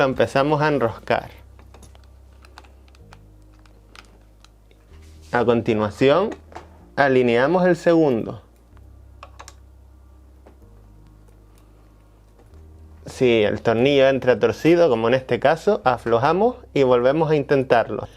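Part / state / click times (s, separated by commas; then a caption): bolt into gaming chair seat mechanism plate / not seated / none. The second bolt is lined up with the threaded hole of the metal seat mechanism plate on a Corsair T2 Road Warrior gaming chair and started by hand before an Allen key tightens it. In this case the screw goes in crooked and has to be backed out and retried. Someone talks while soft, faint taps sound between the speech over a low steady background tone; nothing has seated or clicked yet.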